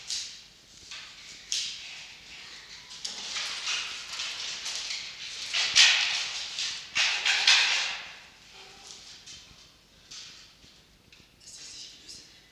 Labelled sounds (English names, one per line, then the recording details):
Red Fox
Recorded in captivity
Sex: pair
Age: adult
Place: Zoologisches Institut der HUB, Berlin, DE
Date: 1953-02-13 10:20
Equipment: Elmetra
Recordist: Tembrock, Günter
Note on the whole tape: Begattung Fiffi - Jupp (nach dem Hängen): Fiffi: "Sprödigkeit"; Jupp: Muffen (ohne Fleisch)